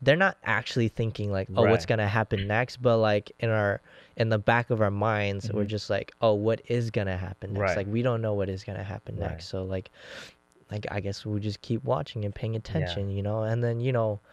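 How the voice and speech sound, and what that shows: Relaxed, fluent conversational speech from a man with a low, steady voice and brief backchannel remarks; no speech disorder.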